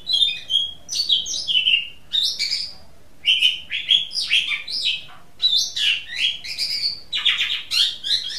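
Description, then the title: Oriental magpie-robin song in bursts of loud, varied whistled phrases and scratchy rising notes, separated by brief gaps of a second or less. "Kicau Kacer"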